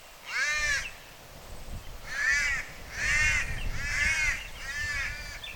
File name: Cuban palm crow